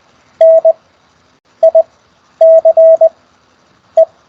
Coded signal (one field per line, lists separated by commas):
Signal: Morse code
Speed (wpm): 20 wpm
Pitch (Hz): 660 Hz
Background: none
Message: NICE